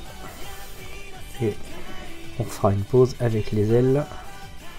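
Someone fits the metal back piece that closes the back of the armor onto a Bandai Seiya Final Bronze Cloth EX Golden Limited Edition collectible action figure. Someone talks over background music while handling the part. The piece is not yet home, and nothing has seated or clicked yet.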